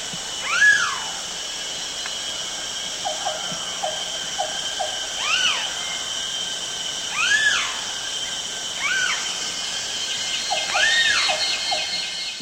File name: eurylaimus javanicus